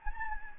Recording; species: mosquito wingbeat signal from an infrared sensor; Anopheles gambiae